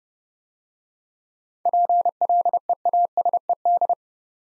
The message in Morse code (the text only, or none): PLEASED